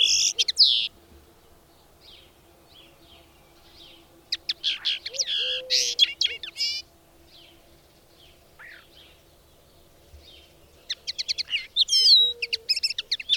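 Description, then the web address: Bird song: short bursts of high buzzy chirps and trills separated by long quiet gaps, with faint low whistling notes in between. "madarak enek"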